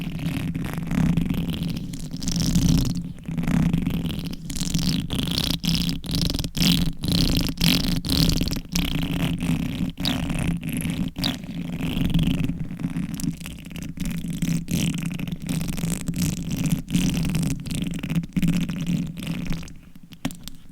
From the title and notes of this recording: ASMR Reverse Mic Scratching - Brain Scratching for 100% SLEEP - No Talking with Long Nails.